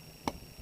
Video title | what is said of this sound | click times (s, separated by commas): Collage Bird's Nest | And don't forget to wind your glue back down and make sure you hear that snap sound when you put your cap on. | 0.3 s